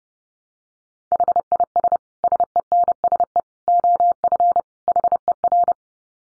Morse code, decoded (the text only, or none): HIS SENSE OF HER